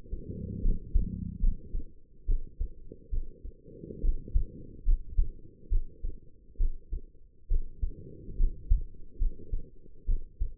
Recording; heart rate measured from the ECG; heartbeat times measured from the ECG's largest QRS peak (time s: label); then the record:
heart sounds by stethoscope; 70 bpm
0.62 s: heartbeat
1.40 s: heartbeat
2.26 s: heartbeat
3.10 s: heartbeat
4.01 s: heartbeat
4.85 s: heartbeat
5.69 s: heartbeat
6.57 s: heartbeat
7.48 s: heartbeat
8.37 s: heartbeat
9.18 s: heartbeat
10.05 s: heartbeat
From the record:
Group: healthy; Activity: cold pressor test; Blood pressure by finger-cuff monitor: 103/69 mmHg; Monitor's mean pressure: 79 mmHg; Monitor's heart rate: 71 bpm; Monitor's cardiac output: 5.3 L/min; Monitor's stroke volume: 76 mL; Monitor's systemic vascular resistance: 1070 dyn s/cm5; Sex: female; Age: 22 years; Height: 160 cm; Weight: 45 kg